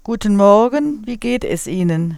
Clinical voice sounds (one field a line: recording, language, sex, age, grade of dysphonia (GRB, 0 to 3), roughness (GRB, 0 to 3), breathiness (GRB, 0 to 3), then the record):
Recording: spoken sentence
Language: German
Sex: female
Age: 60 to 69 years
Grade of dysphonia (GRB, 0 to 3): 0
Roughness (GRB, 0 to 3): 0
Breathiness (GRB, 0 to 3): 0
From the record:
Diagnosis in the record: healthy voice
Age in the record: 62 years